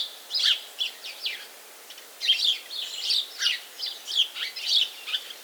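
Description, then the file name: House sparrow chirps: many short, harsh notes in uneven bursts, with a quiet, steady hiss beneath. "Passer domesticus"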